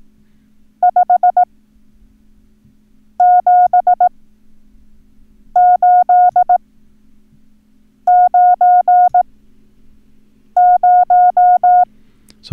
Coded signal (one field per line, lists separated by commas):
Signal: Morse code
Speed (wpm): 18 wpm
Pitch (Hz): 720 Hz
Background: none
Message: 5 7 8 9 0